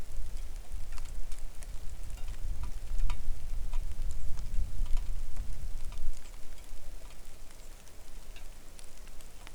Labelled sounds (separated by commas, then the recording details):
songbird, wind, rain
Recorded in the Arctic National Wildlife Refuge, Alaska, on 3 August 2019 at 09:46
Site 41